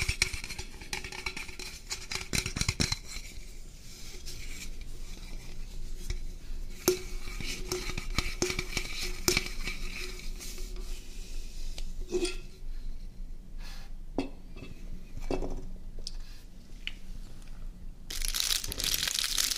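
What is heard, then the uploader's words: Eating sounds from a döner meal with Coca Cola: steady, dense crinkling and chewing textures fill the whole stretch, broken by sharp clicks and clatters of cutlery or dishes every few seconds. A brighter hissing burst near the end suggests fizzing soda. Mukbang ASMR Food Döner & Coca Cola.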